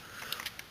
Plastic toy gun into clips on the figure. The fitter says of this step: one just locks into place there, and the other one locks into that right there.